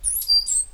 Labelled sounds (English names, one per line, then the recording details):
Stitchbird song
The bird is a male
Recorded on Tiritiri Matangi Island, New Zealand, in 2005
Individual 8, of nest box 10